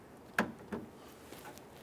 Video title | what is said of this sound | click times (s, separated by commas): How to Replace Door Lock Actuators 2011-2020 Toyota Sienna | press it in listen for a click we'll give that a little tug to make sure it's properly secured as well | 0.4 s